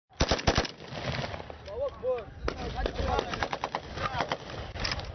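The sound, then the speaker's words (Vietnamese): Former rebels fire celebratory gunfire among the ruins of a palace of Muammar Gaddafi in Libya, bursts cracking out in rapid, uneven volleys, with sharp loud shots early and scattered pops continuing throughout while voices shout faintly underneath. “Trẻ em đứng chụp hình giữa những đống đổ nát của một lâu đài của vị đại tá bị lật đổ, và các cựu phiến quân nổ súng ăn mừng.”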